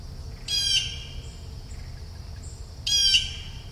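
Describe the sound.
Bird calling with two short, hoarse squawks roughly two and a half seconds apart, rough and nasal, against a faint steady background hiss.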